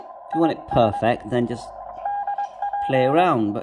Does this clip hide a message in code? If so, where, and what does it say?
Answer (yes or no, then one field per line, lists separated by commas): yes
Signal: Morse code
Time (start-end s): 0.3-3.2 s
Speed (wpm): 22 wpm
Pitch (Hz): 810 Hz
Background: speech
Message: IS DP